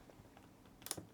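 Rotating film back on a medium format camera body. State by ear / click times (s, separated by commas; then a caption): seated / 0.9 s. The rotating metal film back of a Corfield WA67 medium format camera is turned from portrait to landscape orientation, with faint mechanical ticks before two sharp metallic clicks close together at 0.9 s. The back locks into place.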